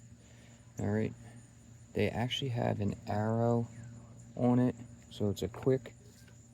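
A spray wand with an arrow on it is being lined up for its quick-connect coupling on a HART 600PSI 0.7GPM 20V brushless cordless power cleaner, while someone talks throughout. Nothing has seated or clicked yet; the wand has not snapped into the coupling by the end of the clip.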